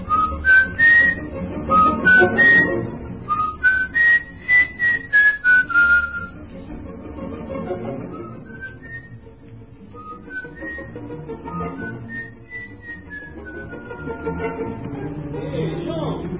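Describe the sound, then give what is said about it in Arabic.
A whistle sounds a lilting tune of short rising and falling notes, a quick choppy run first, then smoother gliding phrases over a low, steady background rumble. “الصفارة.”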